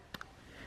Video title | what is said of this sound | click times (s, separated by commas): Samsung Galaxy Buds Review - AirPods Killed [Officially] | the case will just fall closed like that but if you push it a little bit further when you hear it snapped | 0.2 s